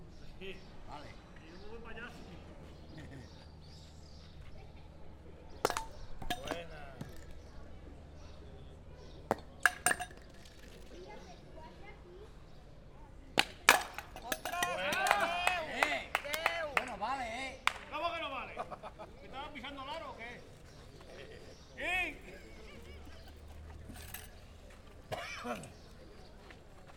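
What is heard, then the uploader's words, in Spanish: People playing three-cushion billiards, with sharp clicks of balls striking each other scattered throughout, clustered around 6, 10, and 13 to 17 seconds. Voices talk and murmur underneath, rising into lively overlapping speech in the middle, over a low steady hum. Personas que juegan al billar a tres bandas.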